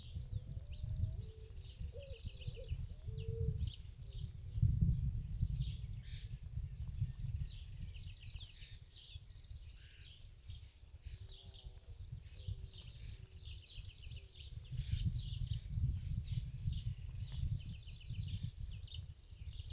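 Small birds chirp and twitter in the countryside, a dense, busy chorus of high, quick notes running the whole time. A steady low rumble sits underneath, swelling around five seconds and again near fifteen, with a few lower calls early on.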